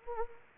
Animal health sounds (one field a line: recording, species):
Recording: mosquito wingbeat signal from an infrared sensor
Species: Anopheles arabiensis